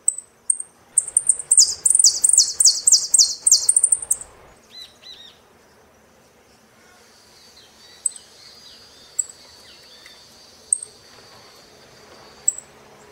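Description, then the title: Saffron finch song: a quick run of loud, buzzy, high descending notes, then quieter twitters and scattered sharp high chips. "Jilguero Argentino"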